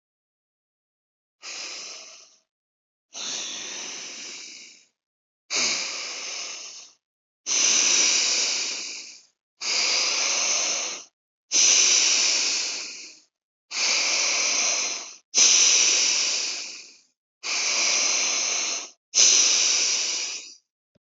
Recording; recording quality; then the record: deep breathing; excellent, no background noise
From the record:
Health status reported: healthy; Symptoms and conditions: diabetes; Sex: male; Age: 66 years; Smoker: not ticked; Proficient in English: yes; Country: India